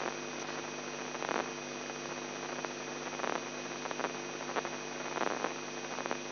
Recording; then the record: brain microelectrode recording played as sound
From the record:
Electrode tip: inside the subthalamic nucleus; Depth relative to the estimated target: 0 mm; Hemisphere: left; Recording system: AlphaMap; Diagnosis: Parkinson's disease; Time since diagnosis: 11 years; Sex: male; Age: 42 years